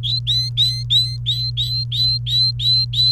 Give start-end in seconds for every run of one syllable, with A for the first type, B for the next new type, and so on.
0.03-3.12 A